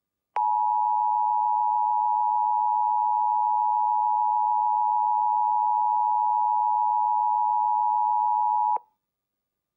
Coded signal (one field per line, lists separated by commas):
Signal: Emergency Alert System (SAME) tones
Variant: 853 and 960 Hz attention tone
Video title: [THIS IS SCARY AS FREAK THAN PT.1] Leni Loud Reacting To: EAS Scenario: The Grieving (Pt.2)